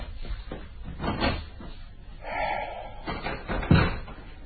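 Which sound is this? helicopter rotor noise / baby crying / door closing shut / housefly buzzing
door closing shut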